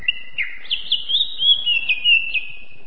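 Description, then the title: Greater green leafbird song, a continuous bright whistled warble with quick rising and falling twists, rich and varied over about three seconds. Champion songbird singing. "Kicau Burung Cucak Ijo Juara"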